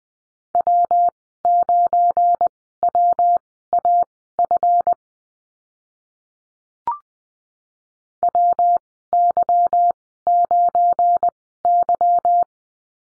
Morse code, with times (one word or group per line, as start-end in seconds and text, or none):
0.6-4.9 W9WAF
8.2-12.4 WY9Y